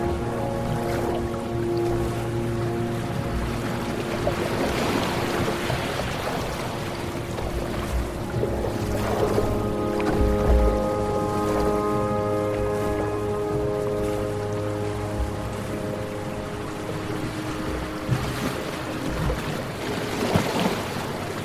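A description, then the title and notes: Slow, sustained music tones hold steady underneath a wash of ocean waves. The waves swell and recede every few seconds, with fuller surges around five, ten and eighteen seconds, while the overall level stays even and calm throughout. Deep Sleep Music + Ocean Waves. Lying on the deck of a boat as it floats through an endless, calm ocean.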